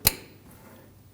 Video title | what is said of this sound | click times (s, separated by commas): How to Replace Fog Light Brackets 2013-2015 Subaru XV Crosstrek | You want to hear a click. | 0.1 s